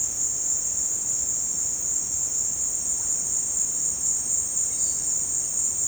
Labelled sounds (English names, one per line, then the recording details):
none
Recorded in dense forest near Puerto Asís, Putumayo, Colombia, on 22 December 2024 at 16:00
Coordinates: 0.466, -76.327
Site G075